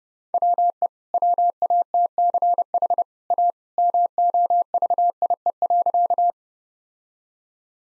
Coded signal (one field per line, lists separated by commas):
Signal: Morse code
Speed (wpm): 30 wpm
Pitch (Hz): 700 Hz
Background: none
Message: WE WATCH A MOVIE.